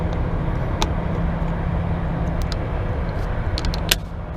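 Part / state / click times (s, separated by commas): filter cap on the diesel engine fuel filter housing / torque reached / 3.9 s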